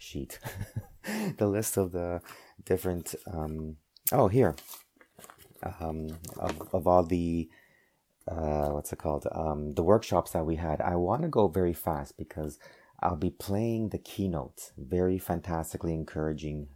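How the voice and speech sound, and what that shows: A low-pitched man in his mid 40s, a lifelong stutterer, speaks in bursts broken by long pauses, drawn-out 'um' sounds, hard glottal starts and repeated words and phrases such as 'the, the' and 'of, of all the'. These are mild stuttering disfluencies: word and phrase repetitions with prolongations.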